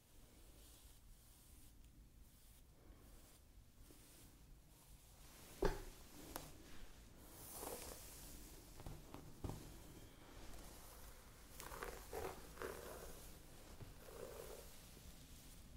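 Hair is played with in soft, crackly rustles over a low hush, a sharp snap near six seconds, then brighter, denser brushing strokes follow.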